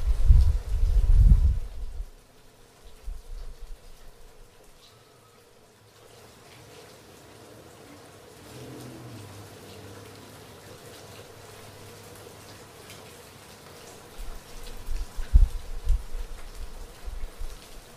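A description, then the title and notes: Soft rain falls as a faint, steady hiss through most of the clip. It opens with heavy low thumps and rumbling for about two seconds, then goes nearly silent before the hiss settles in. A low hum drifts in near nine seconds, and another dull thud lands around fifteen seconds. Soft rain fall.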